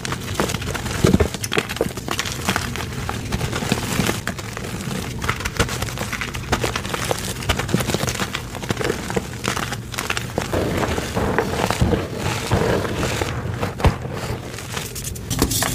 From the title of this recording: Rainbow gym chalk compilation